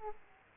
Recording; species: mosquito wingbeat signal from an infrared sensor; Aedes aegypti